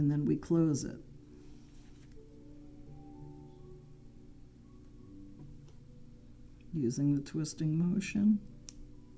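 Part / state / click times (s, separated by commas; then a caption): metal jump ring ends closing in a chain maille weave / seated / 8.7 s. A metal jump ring in a chain maille weave is closed with pliers using a twisting motion, and its ends snap flush with a sharp click at 8.7 seconds, showing the ring is in round and seated. Someone talks before and after the click over a low background hum.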